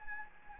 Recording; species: mosquito wingbeat signal from an infrared sensor; Anopheles gambiae